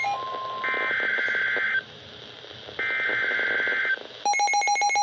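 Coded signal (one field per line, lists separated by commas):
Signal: Emergency Alert System (SAME) tones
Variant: header bursts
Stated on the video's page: Severe thunderstorm warning recorded on a TCL 10 SE phone, with audio lagging the picture.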